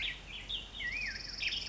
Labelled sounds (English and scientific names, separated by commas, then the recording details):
Black-headed Grosbeak (Pheucticus melanocephalus)
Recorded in Sonoma County, California